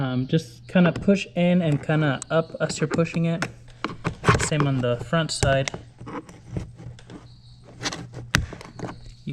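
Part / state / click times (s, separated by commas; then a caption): plastic speaker retaining tab in door panel mount / released / 8.3 s. The rear door speaker of a 2011-2018 Ford Fiesta is pushed in and up while someone talks, to unhook its plastic retaining tabs from the door panel mount for replacement. On the front side, a sharp click at 8.4 s marks a plastic tab letting go, with a few faint ticks after it. The speaker's retaining clip is released.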